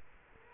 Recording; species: mosquito wingbeat signal from an infrared sensor; Culex quinquefasciatus